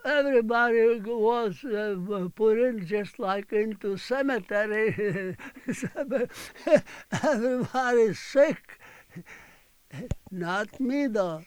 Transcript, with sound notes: everybody was put in just like into cemetery. (he laughs) Everybody's sick. Not me, though.